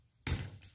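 The bottom plate of an RTI Prophet II 5.5mm paintball marker is pushed onto the bottom of the marker during reassembly. A loud sharp impact at 0.3 s is followed by a smaller, very brief click at 0.6 s on the second push. The plate snaps into place and is seated properly.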